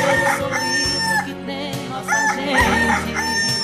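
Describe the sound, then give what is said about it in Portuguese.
A rooster crows twice in a row, each call a loud, strained cock-a-doodle-doo with rising and falling pitch, over a steady low humming background. “e o galo está cantando na cultura”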